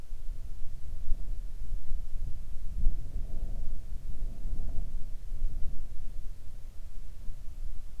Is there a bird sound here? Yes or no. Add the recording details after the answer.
no. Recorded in the Arctic National Wildlife Refuge, Alaska, on 3 August 2019 at 05:11. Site 41